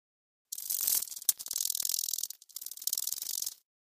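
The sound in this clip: Beetle sound, a dry high-pitched rattling hiss lasting about three seconds, pulsing irregularly with a short break partway through.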